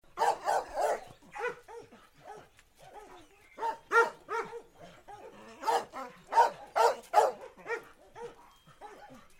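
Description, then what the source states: Dogs barking in a chorus, bursts of two or three sharp barks from different animals, roughly two or three barks a second. Several dogs barking.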